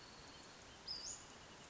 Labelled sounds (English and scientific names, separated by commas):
Western Flycatcher (Empidonax difficilis)